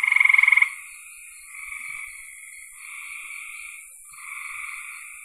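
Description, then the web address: Frogs in chorus: a loud rattling trill at the start, then softer trills from other frogs overlapping, over a steady high-pitched hiss. "cn frogs"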